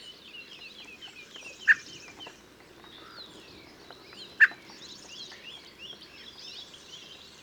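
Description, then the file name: Common blackbird uttering two abrupt, percussive chuck calls a few seconds apart over a busy background chorus of whistling and chirping birds. "Turdus merula"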